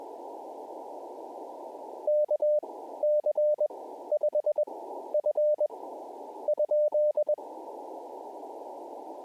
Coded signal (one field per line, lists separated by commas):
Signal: Morse code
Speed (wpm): 20 wpm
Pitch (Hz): 600 Hz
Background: radio noise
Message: KC5F ?